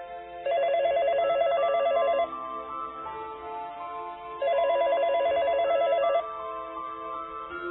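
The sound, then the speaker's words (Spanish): A telephone bell rings twice in the early hours of the morning, each long trilling burst lasting about two seconds with a pause between. The ringing is fairly loud and rapid, with no voices. “De madrugada, el timbre del teléfono despertó a Alberto.”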